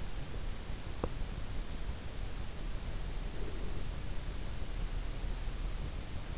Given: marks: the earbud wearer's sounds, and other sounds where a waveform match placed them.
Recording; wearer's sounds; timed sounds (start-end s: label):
sounds in sleep by an in-ear microphone; teeth grinding, breath
0.90-1.25 s: teeth grinding
3.19-4.20 s: breath